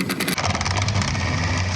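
A drill runs with a steady motor whine while backing out the mounting screw of a trolling motor bracket on an aluminum boat deck. Quick rattling hits come at 0.3, 0.4, 0.6, 0.7, 0.9 and 1.0 seconds. The screw strips out during the removal.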